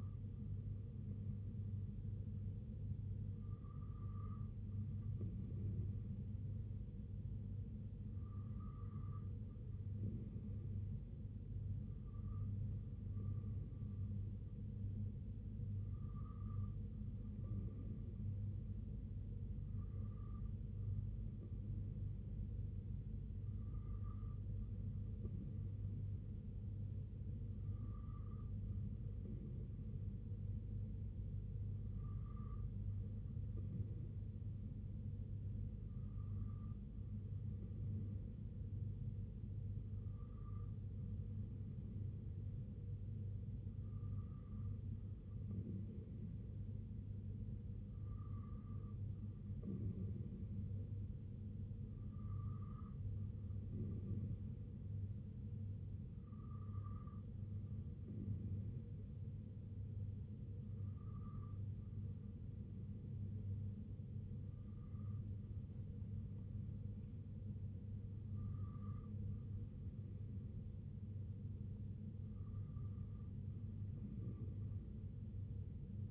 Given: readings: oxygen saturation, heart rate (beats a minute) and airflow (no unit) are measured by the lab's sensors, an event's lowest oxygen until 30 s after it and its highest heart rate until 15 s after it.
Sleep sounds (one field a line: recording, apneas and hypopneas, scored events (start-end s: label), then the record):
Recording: breathing in sleep by a smartphone at the bedside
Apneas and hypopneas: none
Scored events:
none scored
From the record:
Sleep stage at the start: N3 (deep sleep)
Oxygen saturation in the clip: 93 to 94%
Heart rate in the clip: 63 to 68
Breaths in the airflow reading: 19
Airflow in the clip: -2.9 to 1.7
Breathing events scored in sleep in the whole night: 258 in 7.4 hours asleep